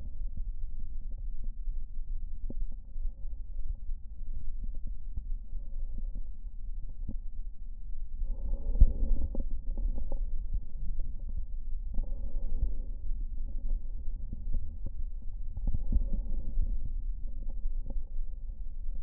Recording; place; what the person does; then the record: lung sounds by stethoscope; left posterior basal chest; quiet breathing, then deep breathing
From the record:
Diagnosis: COPD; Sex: male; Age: 78 years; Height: 162 cm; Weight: 66.4 kg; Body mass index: 25.3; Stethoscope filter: diaphragm mode